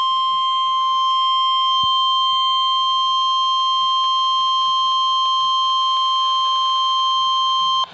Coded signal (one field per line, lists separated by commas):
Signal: Emergency Alert System (SAME) tones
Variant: 1050 Hz attention tone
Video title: {DOUBLE HEADER} 4/14/22 - Severe Thunderstorm Warning + Special Marine Warning (EAS #30-31)